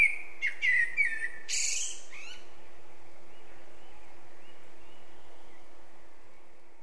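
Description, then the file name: Eurasian blackbird song: quick fluty warbled notes tumbling into a high squeaky twitter within the first two seconds, then near silence over a faint steady hum. "Turdus merula"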